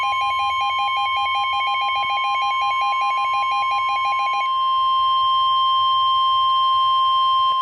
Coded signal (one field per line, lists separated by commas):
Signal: Emergency Alert System (SAME) tones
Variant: 1050 Hz attention tone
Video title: EAS Scenario Sins: REVIVED - Episode 3: H2Overflow